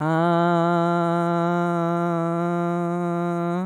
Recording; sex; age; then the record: sustained vowel /a/; female; 60 to 69 years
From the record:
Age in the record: 65 years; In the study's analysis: included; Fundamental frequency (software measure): 171 Hz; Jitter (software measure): 0.26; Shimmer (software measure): 0.58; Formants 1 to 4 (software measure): 729 Hz, 1327 Hz, 2323 Hz, 3866 Hz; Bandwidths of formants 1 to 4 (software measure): 249 Hz, 111 Hz, 399 Hz, 95 Hz